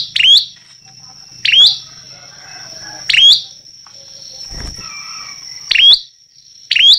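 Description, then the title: Prinia giving single sharp chirps at irregular intervals, a brief rough thump midway, over a steady shrill background tone. Vigorously singing ('gacor') prinia, recorded as a tutor track ('masteran') for training songbirds. "Prenjak Lancur Gacor Untuk Masteran"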